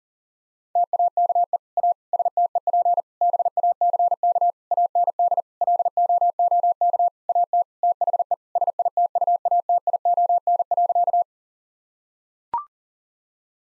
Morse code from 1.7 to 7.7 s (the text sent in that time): A STEP BACK AND LOOK AT